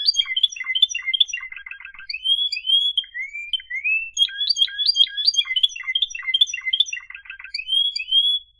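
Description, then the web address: Canary singing a lively mix of fast stuttering trills and smooth rising and falling whistled slurs, phrases changing every second or so without a break. "honarfardi new 1 Canary Sound 4"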